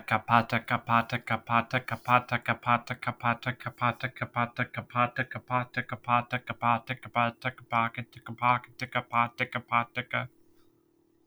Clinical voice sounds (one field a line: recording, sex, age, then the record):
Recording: repeated syllables /pa ta ka/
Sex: male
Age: 30 to 39 years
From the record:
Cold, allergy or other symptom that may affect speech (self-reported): no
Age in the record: 38 years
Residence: Florida, United States